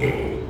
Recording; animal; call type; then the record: contact call of a hoofed animal; pig; closed-mouth grunt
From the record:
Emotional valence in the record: negative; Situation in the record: short social isolation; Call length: 0.50 s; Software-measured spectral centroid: 1670 Hz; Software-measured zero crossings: 1250 a second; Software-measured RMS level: -24 dBFS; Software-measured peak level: -10 dBFS